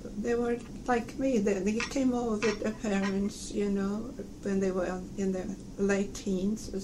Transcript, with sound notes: they were, like me, they came over [tapping noise] with their parents, you know, when they were in their late teens.